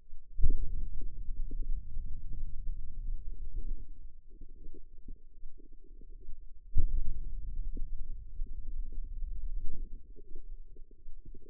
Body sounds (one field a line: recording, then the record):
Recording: forearm muscle sounds (acoustic myography)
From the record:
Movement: finger pinch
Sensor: system 2, bracelet of six BSWA MPA416 microphones around the upper forearm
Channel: 6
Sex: female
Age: 25 years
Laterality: right